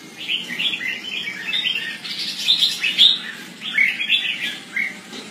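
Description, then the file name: Red-whiskered bulbul chattering in fast, overlapping chirps and warbles almost continuously, with a soft background hiss. "Pycnonotus jocosus"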